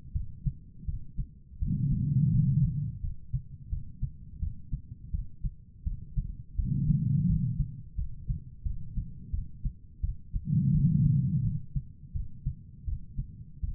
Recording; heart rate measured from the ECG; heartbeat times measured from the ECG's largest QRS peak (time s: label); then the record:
heart sounds by stethoscope; 85 bpm
0.13 s: heartbeat
0.86 s: heartbeat
1.60 s: heartbeat
2.31 s: heartbeat
3.01 s: heartbeat
3.70 s: heartbeat
4.40 s: heartbeat
5.12 s: heartbeat
5.84 s: heartbeat
6.56 s: heartbeat
7.27 s: heartbeat
7.96 s: heartbeat
8.64 s: heartbeat
9.31 s: heartbeat
10.02 s: heartbeat
10.72 s: heartbeat
11.43 s: heartbeat
12.13 s: heartbeat
12.86 s: heartbeat
13.61 s: heartbeat
From the record:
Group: healthy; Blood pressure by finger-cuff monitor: 115/78 mmHg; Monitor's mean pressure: 92 mmHg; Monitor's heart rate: 85 bpm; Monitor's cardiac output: 4.9 L/min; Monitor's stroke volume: 58 mL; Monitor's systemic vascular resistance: 1350 dyn s/cm5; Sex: female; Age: 51 years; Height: 162 cm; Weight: 70.04 kg